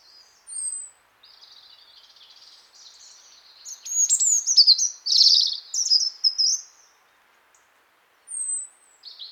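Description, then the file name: European robin warbling softly at first, then a loud run of high, sparkling, trilled notes midway, followed by scattered thin whistles. "Erithacus rubecula"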